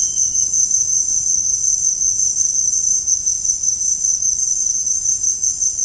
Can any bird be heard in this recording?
no